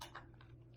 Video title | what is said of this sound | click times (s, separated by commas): SJRC F11 Quadcopter - First Look & Flight - Hand Catch Gone Wrong | a pretty pretty satisfying snap there | 0.0 s, 0.8 s